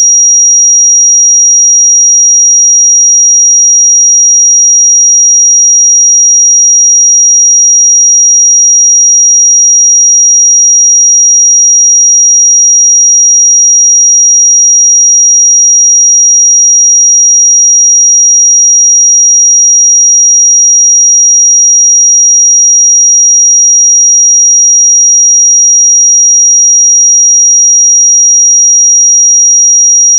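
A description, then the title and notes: A pure sine tone at 5718 Hz holds perfectly steady for the full thirty seconds, a single thin, bright whistle with no wavering in pitch or loudness. Nothing else sounds behind it; the background is completely silent. 5718 Hz 1 Hz Interval Sine Pure Tone Frequency 441000 Sample Mono.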